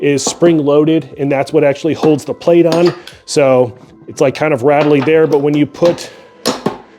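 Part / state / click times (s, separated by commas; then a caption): flywheel plate onto spring-loaded plunger shaft of flywheel training machine / seated / 6.7 s. A flywheel disc plate is put onto the shaft of a kBox flywheel training machine, where a spring-loaded plunger holds it, while someone talks. It is a little rattly at first, then a sharp metallic click comes at 6.7 s as the plate seats and is held on tight.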